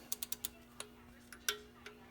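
A click-type torque wrench tightens the next oil pan bolt in the torque sequence during an oil pan gasket replacement on a first-generation 1997 Honda CR-V. A few quick ratchet ticks come first, then the wrench gives a louder, sharper click at 1.5 s, confirming the bolt has reached its torque setting.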